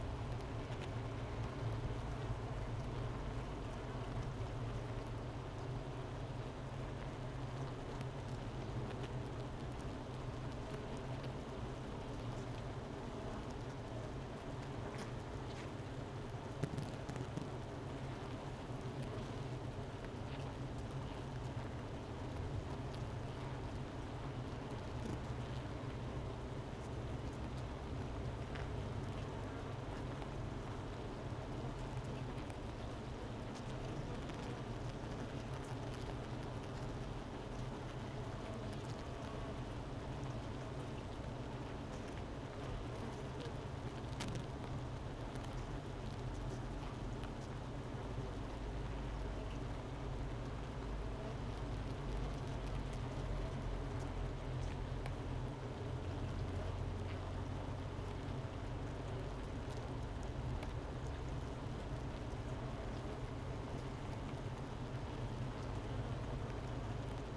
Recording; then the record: honeybee colony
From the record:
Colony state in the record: missing queen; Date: 31 May 2018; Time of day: 11:30